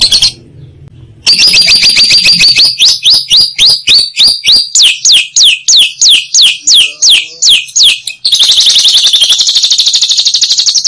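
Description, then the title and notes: Lovebird chatter: steady strings of sharp, falling high chirps, several per second, followed by a long, fast, buzzy trill. Used as masteran, training material for other songbirds. "Suara Burung Lovbred Buat Masteran"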